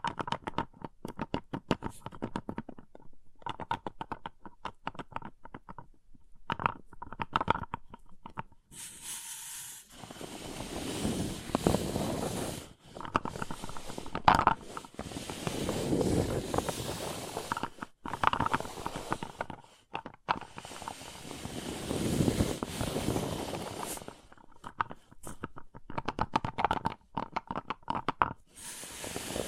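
Paper cup tingles: quick tapping and scratching on a paper cup, dense clicky bursts in the first stretch and again near the end. Between about 9 and 25 seconds come longer rough, crinkly rubbing passages with brief pauses, and a faint steady tone runs underneath.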